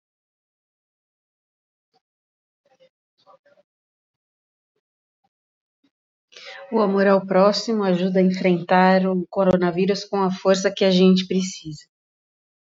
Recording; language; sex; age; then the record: spoken sentence; Brazilian Portuguese; female; 40 to 49 years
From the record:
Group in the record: control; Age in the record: 42 years